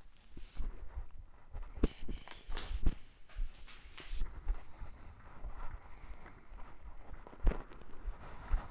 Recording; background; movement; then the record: deep breathing; quiet; walking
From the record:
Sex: male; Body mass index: 21.0 kg/m2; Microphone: on the chest, facing the body